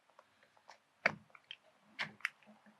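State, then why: Seated. A metal wheelchair tie-down shoulder belt fitting is pushed into the anchor ring on the lap belt, with soft rattles and ticks of handling throughout. It snaps into place with a sharp, loud click at 1.1 s, and is seated. More sharp clicks and rattles follow near 1.5 s and 2.0–2.3 s.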